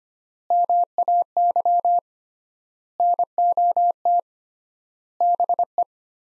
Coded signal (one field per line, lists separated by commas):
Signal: Morse code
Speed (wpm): 25 wpm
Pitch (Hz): 700 Hz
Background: none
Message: MAY NOT BE